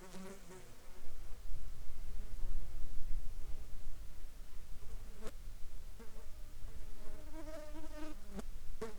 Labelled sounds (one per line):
insects